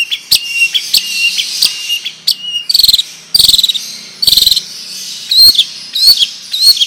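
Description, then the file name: Long-tailed shrike song: high varied chirps and whistled notes interspersed with short harsh buzzy pulses, irregularly spaced. Song in the Indonesian 'ngerol panjang' style, a long continuous rolling song; bird described as gacor, singing profusely. "Burung Cendet Ngerol Panjang Gacor"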